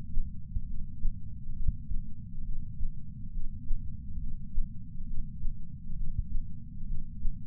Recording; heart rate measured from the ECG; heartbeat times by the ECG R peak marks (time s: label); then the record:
heart sounds by patch sensor on the chest; 68 bpm
0.63 s: heartbeat
1.52 s: heartbeat
2.41 s: heartbeat
3.29 s: heartbeat
4.16 s: heartbeat
5.03 s: heartbeat
5.92 s: heartbeat
6.83 s: heartbeat
From the record:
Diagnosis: coronary artery disease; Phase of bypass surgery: preoperative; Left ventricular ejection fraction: 53.1%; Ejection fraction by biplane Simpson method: 48.3%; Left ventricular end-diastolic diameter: 61 mm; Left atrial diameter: 40 mm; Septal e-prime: 7 cm/s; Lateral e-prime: 11.9 cm/s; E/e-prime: 9.8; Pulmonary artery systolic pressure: 34 mmHg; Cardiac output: 5.1 L/min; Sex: female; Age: 60 years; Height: 158 cm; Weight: 54 kg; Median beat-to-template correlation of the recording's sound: 0.90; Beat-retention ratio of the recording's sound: 1.00